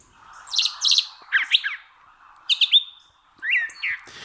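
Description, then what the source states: Brown Thrasher song, varied phrases of sharp chirps and slurred rising and falling notes, separated by short pauses in a quiet background. North American songbird whose syrinx holds two partly independent sound sources, letting it produce two notes almost at once and sing in two voices.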